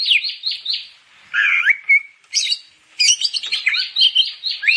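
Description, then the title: Grey-cheeked bulbul giving harsh, buzzy chatter mixed with a short whistled note, in several dense bursts with short gaps between. "Kicau Burung Cucak Jenggot"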